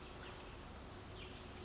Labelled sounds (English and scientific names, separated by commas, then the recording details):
Pacific Wren (Troglodytes pacificus)
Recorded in Sonoma County, California